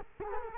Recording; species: mosquito wingbeat signal from an infrared sensor; Culex quinquefasciatus